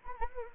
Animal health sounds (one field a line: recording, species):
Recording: mosquito wingbeat signal from an infrared sensor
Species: Anopheles arabiensis